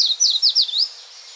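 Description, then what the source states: Yellow-throated warbler song fragment: four loud, down-slurred whistled notes in quick succession, then quiet. Nominate subspecies Setophaga dominica dominica.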